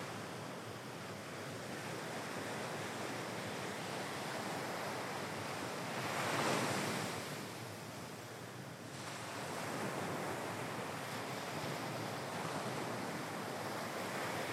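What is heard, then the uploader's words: Waves wash in on a beach at night, a steady dense hiss with little low rumble. One wave swells louder and brighter around six to nine seconds, then eases back into the continuous surf, which stays fairly level to the end. Tuy Hoa beach at night. Wave sounds from Tuy Hoa beach, Vietnam. Recorded by Marcel Gnauk.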